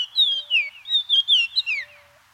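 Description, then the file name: Greater Antillean oriole singing a quick run of sweet whistled notes, each slurring downward, loud and clear with a faint low note underneath. Cuba. "George Reynard & Orlando Garrido - Greater Antillean Oriole"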